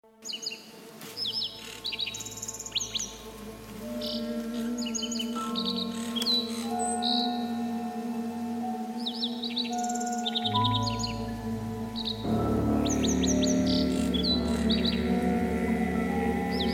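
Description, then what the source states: Lark Sparrow singing, varied bursts of high, sharp chips, trills and slurred notes, set against sustained low musical drones that swell and grow louder toward the end. Soloist opening a musical piece; called the 'One Man Band' of the sagebrush steppe for its richly complex song.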